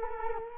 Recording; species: mosquito wingbeat signal from an infrared sensor; Culex quinquefasciatus